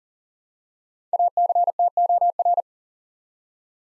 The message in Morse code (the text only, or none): ACTOR